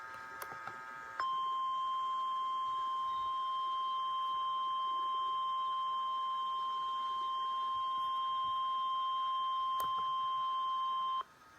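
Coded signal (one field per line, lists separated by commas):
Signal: Emergency Alert System (SAME) tones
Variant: 1050 Hz attention tone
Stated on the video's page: Tornado emergency and severe thunderstorm warning, recorded from the Memphis NOAA Weather Radio stream on Weather Underground.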